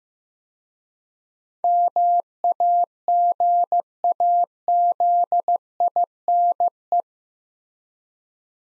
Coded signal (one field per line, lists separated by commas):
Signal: Morse code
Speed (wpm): 15 wpm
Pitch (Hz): 700 Hz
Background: none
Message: MAGAZINE